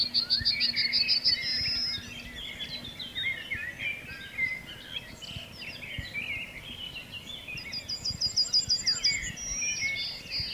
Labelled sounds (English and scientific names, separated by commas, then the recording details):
Yellowhammer (Emberiza citrinella)
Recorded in the wild
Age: adult
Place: Schielleiten, AT
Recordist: Brunner, Thomas